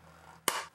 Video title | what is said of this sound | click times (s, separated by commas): THE Ultimate BMW Wireless Charger! // Lightning Console | snap into place just like so and that adapter makes sure that this socket | 0.5 s